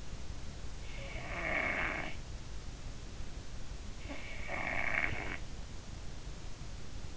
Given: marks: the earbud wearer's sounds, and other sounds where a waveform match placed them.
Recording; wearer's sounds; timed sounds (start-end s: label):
sounds in sleep by an in-ear microphone; snoring breath
1.04-2.19 s: snoring breath
4.09-5.43 s: snoring breath